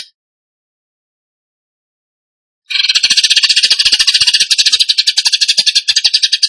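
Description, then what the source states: Bird song after nearly three seconds of quiet: a fast, dense rattling chatter of high, harsh pulses that carries on steadily. Masteran (training recording) of a bird singing in the gacor tembakan song style.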